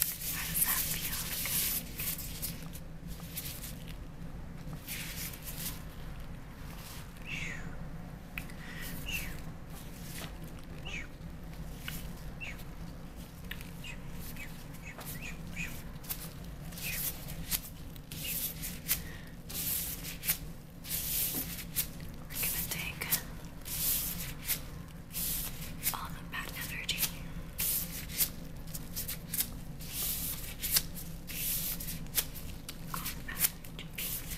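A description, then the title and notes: Vinyl gloves rustle and squeak as hands move, with frequent crinkly bursts and sharp snaps throughout over a steady low hum. ASMR Vinyl Gloves Sounds + Hand Movements.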